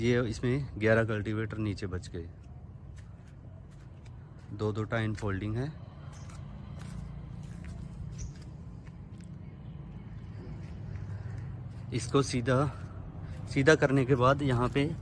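Someone talks while the folding steel wing of a cultivator frame is moved and aligned straight before the lock pin goes in. Between the stretches of speech there is a steady low rumble with a few faint knocks. Nothing has seated or clicked yet.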